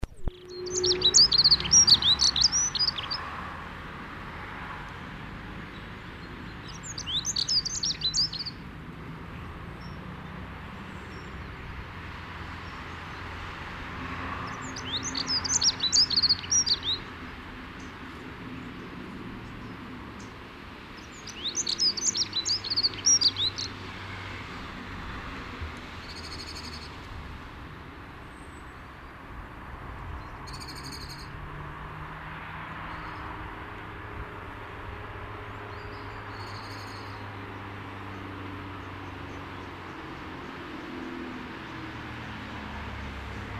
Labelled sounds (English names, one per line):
Dunnock song